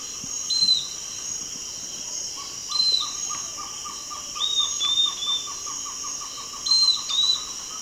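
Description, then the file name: Bird calls: brief whistled notes, some slurred downward, come every couple of seconds with a rapid train of soft low ticks beneath a steady high hum. "SABIOD 50 bird 2015"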